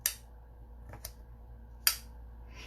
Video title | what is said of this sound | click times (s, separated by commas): WHAT is a Scentsy Warmer? | this is ridiculous. How am I supposed to get this in? Listen to the click. | 0.1 s, 1.9 s